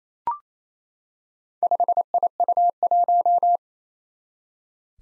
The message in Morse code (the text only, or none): 5IU1